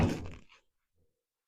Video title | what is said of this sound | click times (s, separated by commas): The Best Budget Bed Cover for an OBS Truck | it locks in place. | 0.3 s